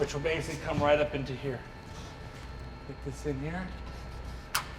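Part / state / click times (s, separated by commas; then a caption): plastic weather pile strip into pleated screen frame groove / seated / 4.6 s. An installer pushes the L-shaped plastic weather pile strip of a pleated screen into the grooves of the frame by hand while someone talks. A sharp click is heard at 4.5 s as the strip snaps into the groove and seats.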